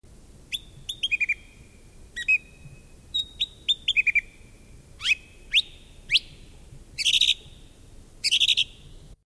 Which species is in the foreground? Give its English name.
Song Thrush